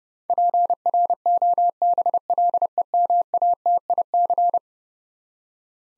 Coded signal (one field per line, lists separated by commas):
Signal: Morse code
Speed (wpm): 30 wpm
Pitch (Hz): 700 Hz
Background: none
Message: PROBLEMATIC